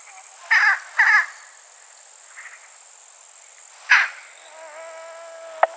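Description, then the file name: Daurian jackdaw giving short harsh chack calls, a quick pair then a single one after a pause, followed by a thin whistled tone and a sharp click. "coloeus dauuricus"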